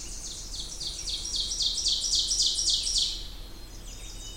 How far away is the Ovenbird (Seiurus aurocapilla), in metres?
about 30 m